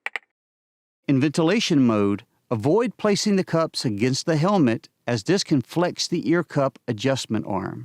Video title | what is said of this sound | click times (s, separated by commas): 3M™ PELTOR™ ComTac™ Headsets - Headband to ARC Conversion | To switch to ventilation position, pull outwards on the earcups until they click into place | 0.1 s, 0.2 s